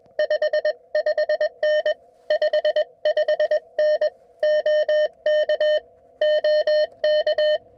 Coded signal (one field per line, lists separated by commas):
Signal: Morse code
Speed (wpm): 20 wpm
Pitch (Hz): 590 Hz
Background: none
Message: 55N 55N OK OK